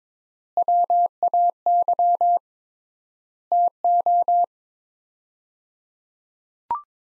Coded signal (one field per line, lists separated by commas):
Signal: Morse code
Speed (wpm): 23 wpm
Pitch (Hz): 700 Hz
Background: none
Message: WAY TO